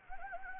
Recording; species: mosquito wingbeat signal from an infrared sensor; Anopheles gambiae